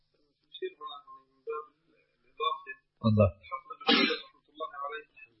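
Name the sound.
sneeze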